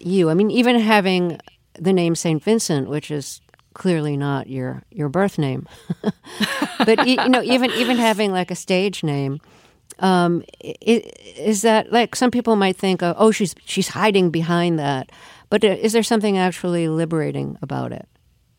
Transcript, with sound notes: I mean, even having the name St. Vincent, which is clearly not your birth name...
(Laughter).
But, you know, even having, like, a stage name, is that - like, some people might think, oh, she's hiding behind that. But is there something actually liberating about it?